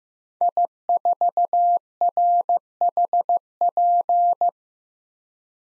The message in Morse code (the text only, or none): I4RHP